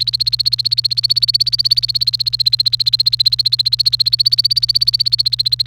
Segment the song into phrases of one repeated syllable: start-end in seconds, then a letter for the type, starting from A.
0.00-5.67 A